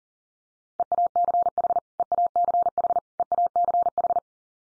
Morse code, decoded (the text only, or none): EACH EACH EACH